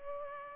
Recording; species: mosquito wingbeat signal from an infrared sensor; Culex pipiens